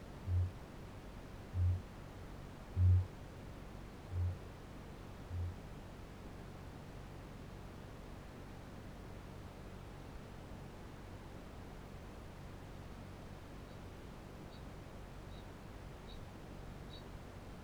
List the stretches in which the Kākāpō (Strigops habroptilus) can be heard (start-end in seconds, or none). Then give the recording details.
0.04-5.65, 13.47-17.27. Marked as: faintness 3/5, faintness 5/5. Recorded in New Zealand. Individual Barnard